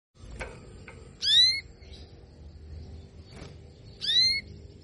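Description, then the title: Canary calling twice with bright notes about three seconds apart, with a few sharp clicks. Female Belgian canary sound, played to stimulate lazy males into singing and to warm up young canaries. "Canto Para Esquentar Canário Belga. SUARA KENARI BETINA AMPUH memancing jantan malas bunyi kenari paud jadi gacor"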